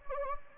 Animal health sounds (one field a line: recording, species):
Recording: mosquito wingbeat signal from an infrared sensor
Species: Anopheles gambiae